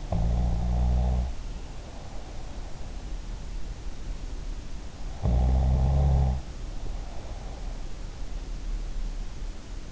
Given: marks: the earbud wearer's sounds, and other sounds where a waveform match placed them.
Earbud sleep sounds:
sounds in sleep by an in-ear microphone; snoring breath
0.00-2.63 s: snoring breath
5.04-7.68 s: snoring breath

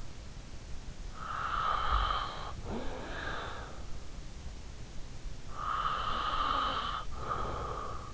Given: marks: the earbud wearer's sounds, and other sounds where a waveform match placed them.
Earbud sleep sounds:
sounds in sleep by an in-ear microphone; breath
0.32-3.86 s: breath
5.12-8.14 s: breath

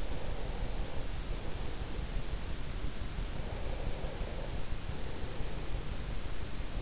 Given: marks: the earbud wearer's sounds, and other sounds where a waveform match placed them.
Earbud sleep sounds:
sounds in sleep by an in-ear microphone; breath
0.09-2.27 s: breath
3.45-5.65 s: breath

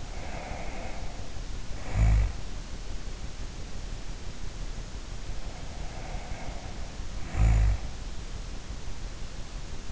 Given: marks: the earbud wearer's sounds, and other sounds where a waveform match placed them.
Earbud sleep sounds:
sounds in sleep by an in-ear microphone; snoring breath
0.00-2.53 s: snoring breath
4.87-7.92 s: snoring breath

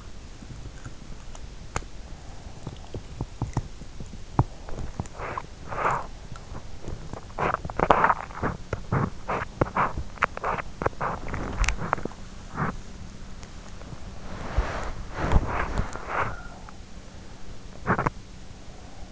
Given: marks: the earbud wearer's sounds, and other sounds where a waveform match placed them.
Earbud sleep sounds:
sounds in sleep by an in-ear microphone; body movement
0.00-19.12 s: body movement

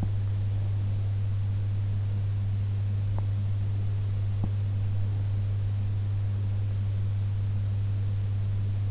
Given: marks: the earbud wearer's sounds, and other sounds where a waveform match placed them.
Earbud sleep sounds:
sounds in sleep by an in-ear microphone; teeth grinding
4.22-4.59 s: teeth grinding

